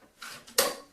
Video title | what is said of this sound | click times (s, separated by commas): Powerblock Elite Dumbbells Review Powerblock Elite 90 Full Review | there that's the magnet engaging the metal bar | 0.6 s